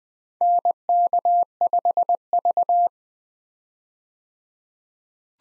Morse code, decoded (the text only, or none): NK5V